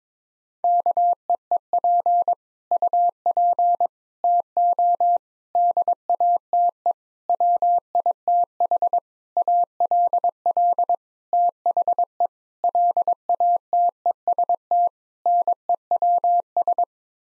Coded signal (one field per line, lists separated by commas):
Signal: Morse code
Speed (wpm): 22 wpm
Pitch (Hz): 700 Hz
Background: none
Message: KEEP UP TO DATE WITH ALL THE LATEST NEWS